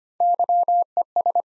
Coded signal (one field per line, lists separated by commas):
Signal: Morse code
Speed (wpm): 25 wpm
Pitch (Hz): 700 Hz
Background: none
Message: YES